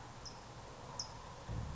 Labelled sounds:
California Towhee
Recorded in Sonoma County, California

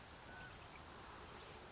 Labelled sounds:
Oak Titmouse
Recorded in Sonoma County, California

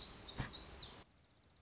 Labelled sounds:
Black-throated Gray Warbler
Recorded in Sonoma County, California

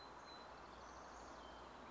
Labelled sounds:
Song Sparrow
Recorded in Sonoma County, California

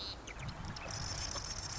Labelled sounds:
Marsh Wren
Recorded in Sonoma County, California

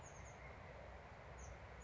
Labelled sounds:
Chestnut-backed Chickadee
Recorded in Sonoma County, California

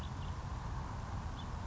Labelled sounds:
House Finch
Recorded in Sonoma County, California

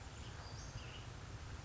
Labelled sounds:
Western Flycatcher
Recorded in Sonoma County, California

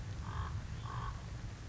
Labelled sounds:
Common Raven
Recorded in Sonoma County, California

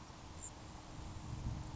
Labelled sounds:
Grasshopper Sparrow
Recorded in Sonoma County, California

